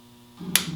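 A torque wrench slowly tightens the gearbox oil drain/fill plug on a BMW R1100RT motorcycle, crushing the new sealing washer. A short run of soft ratchet ticks leads into a single sharp click at 0.6 s as the wrench reaches its set torque value.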